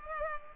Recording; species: mosquito wingbeat signal from an infrared sensor; Culex pipiens